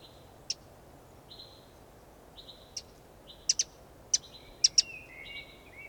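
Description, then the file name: Eurasian wren giving several hard clicks, some doubled, spaced irregularly, with thin level whistles. "Troglodytes troglodytes"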